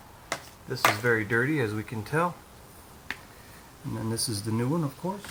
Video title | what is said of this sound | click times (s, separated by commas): servicing the lawn mower | you don't push these two in at the same time and it pops off | 0.3 s